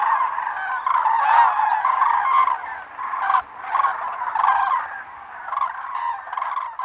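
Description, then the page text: Common cranes calling as a flock, many loud trumpeting, honking notes overlapping continuously with brief dips in volume. A flock of common cranes calling together. "Common Crane Flock Calls. Quick Sounds"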